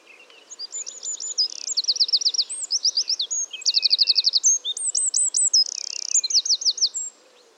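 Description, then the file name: Eurasian wren singing a loud, high, fast song of sharp trills and twittering rattles that run together for several seconds, with faint background rustle. "Troglodytes troglodytes"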